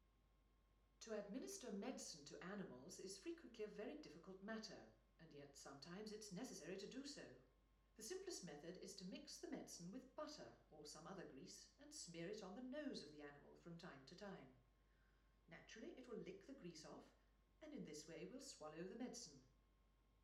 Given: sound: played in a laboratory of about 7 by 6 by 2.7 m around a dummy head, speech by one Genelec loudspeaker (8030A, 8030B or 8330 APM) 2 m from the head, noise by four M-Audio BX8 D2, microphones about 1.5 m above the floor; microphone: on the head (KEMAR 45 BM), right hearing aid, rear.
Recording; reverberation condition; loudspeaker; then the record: female speech in English; medium; 60 degrees to the right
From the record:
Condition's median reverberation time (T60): about 510 ms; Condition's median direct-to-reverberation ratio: about -0.5 dB